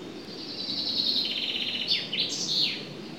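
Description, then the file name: Common chaffinch song, a high trill of repeated notes followed by descending sweeping phrases, over steady background rushing noise. "Fringilla coelebs"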